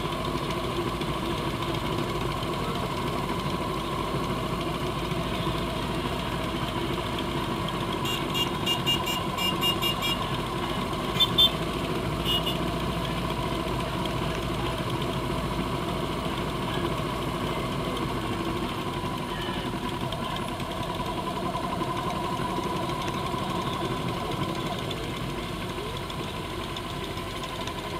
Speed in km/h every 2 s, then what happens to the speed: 10, 11, 11, 10, 11, 11, 11, 11, 10, 8, 8, 10, 8, 6.
0-28 steady at about 10.